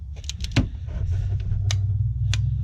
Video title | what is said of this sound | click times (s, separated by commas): Spark plug Replacement | there we go, heard that click. | 1.7 s, 2.3 s